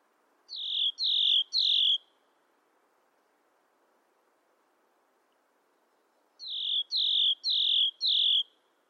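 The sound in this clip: Bird calls: a burst of three short, bright chirps, each sliding downward, then a pause and a run of four more, over a faint low hiss.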